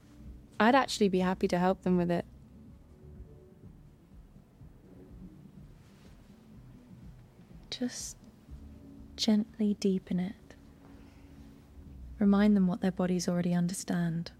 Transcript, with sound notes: I'd actually be happy to help them with it."
[A brief pause. The music feels closer.]
"Just gently deepen it. Remind them what their bodies already understand.